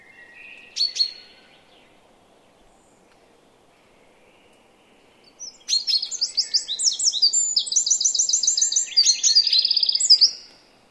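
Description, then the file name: Eurasian wren song: a couple of sharp high notes, a pause, then a long, loud, rapid outpouring of high trills and ringing notes lasting about five seconds. "Troglodytes troglodytes"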